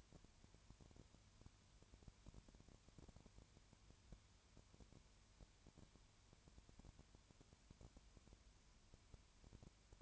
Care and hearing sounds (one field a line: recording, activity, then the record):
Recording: daily activity, microphone in the room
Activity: no activity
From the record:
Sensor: 2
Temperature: 20.3 degrees Celsius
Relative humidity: 33.8%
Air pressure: 1003.2 hPa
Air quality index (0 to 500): 82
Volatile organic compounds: 1 ppm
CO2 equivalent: 782 ppm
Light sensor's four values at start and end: 2/3/2/2 and 2/3/2/2